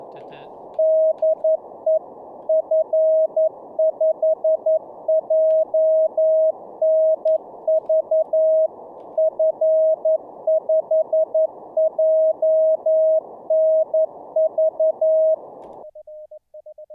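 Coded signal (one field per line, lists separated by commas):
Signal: Morse code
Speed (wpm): 11 wpm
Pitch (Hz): 630 Hz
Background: none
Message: DE F5JNV F5JNV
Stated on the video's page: Morse practice during a live-streamed daily CW learning session.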